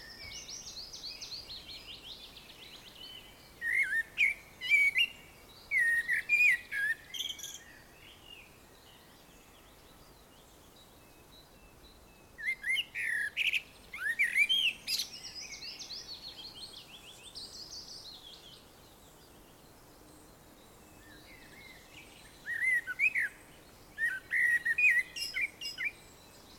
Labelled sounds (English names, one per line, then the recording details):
Common Blackbird
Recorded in the wild
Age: adult
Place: Summt, Brandenburg, DE
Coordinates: 52.693, 13.362
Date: 1992-06-14 14:30
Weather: heiter, ca. 23°C
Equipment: Nagra SN, Mikrofon AKG CK 8, Kopie Tesla B 116
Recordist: Tembrock, Günter